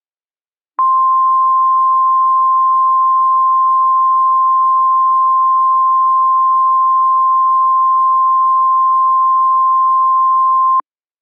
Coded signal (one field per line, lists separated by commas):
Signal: Emergency Alert System (SAME) tones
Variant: 1050 Hz attention tone